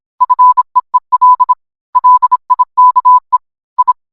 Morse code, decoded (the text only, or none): FEEL LIKE I